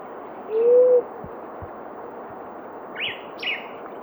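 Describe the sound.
Blue-headed quail-dove call, one low hollow hoot rising gently, followed by two brief high chirps and a few faint low knocks.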